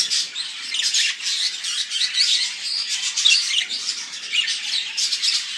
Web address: vystavocnyi volnistyi popugai cex pitomnik king parrotru. meliopsittacus undulates